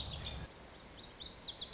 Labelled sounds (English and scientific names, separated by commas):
Lazuli Bunting (Passerina amoena)